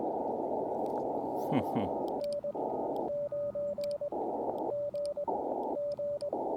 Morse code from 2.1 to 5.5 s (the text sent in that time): N 9 G